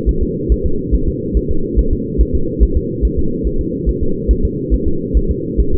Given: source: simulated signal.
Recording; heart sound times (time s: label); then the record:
fetal heart sounds
0.09 s: S1
0.23 s: S2
0.52 s: S1
0.66 s: S2
0.94 s: S1
1.08 s: S2
1.37 s: S1
1.51 s: S2
1.79 s: S1
1.93 s: S2
2.21 s: S1
2.35 s: S2
2.63 s: S1
2.77 s: S2
3.05 s: S1
3.19 s: S2
3.47 s: S1
3.61 s: S2
3.89 s: S1
4.03 s: S2
4.31 s: S1
4.45 s: S2
4.74 s: S1
4.88 s: S2
5.17 s: S1
5.31 s: S2
5.60 s: S1
5.74 s: S2
From the record:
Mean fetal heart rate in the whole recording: 140 bpm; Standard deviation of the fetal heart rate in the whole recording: 2 bpm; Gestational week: 34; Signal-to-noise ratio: -8.1 dB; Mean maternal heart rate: 72 bpm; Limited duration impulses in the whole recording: absent